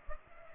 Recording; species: mosquito wingbeat signal from an infrared sensor; Culex pipiens